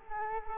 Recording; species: mosquito wingbeat signal from an infrared sensor; Culex quinquefasciatus